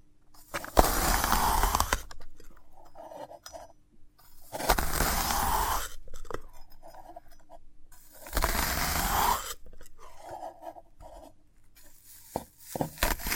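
Close-up ASMR sounds of a sprouted coconut: three long, dense bursts of crunchy, scraping chewing, near 1 to 2, 4.5 to 6, and 8.5 to 9.5 seconds. Between them come quieter soft mouth clicks and light tapping, with a faint low hum underneath.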